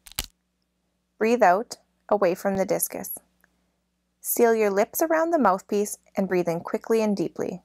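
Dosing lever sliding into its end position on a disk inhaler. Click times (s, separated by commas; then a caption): 0.2 s. The dosing lever of a disk-type dry powder inhaler is slid across until it stops, and a sharp click at 0.2 s shows it has clicked into position. After that, someone talks.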